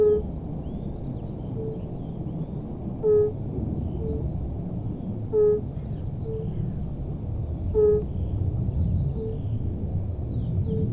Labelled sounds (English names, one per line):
Fire-Bellied Toad call